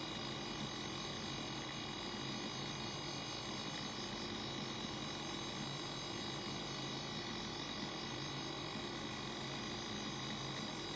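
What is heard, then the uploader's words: A hard drive whirs and hums steadily for the whole stretch, a dense, unchanging mechanical sound. A bright, thin whine sits high above it, while faint scratchy ticking and clicking flickers through the lower body without pause. 1 Hour Hard Drive ASMR.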